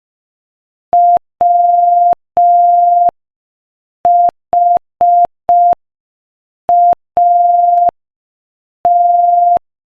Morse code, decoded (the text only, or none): WHAT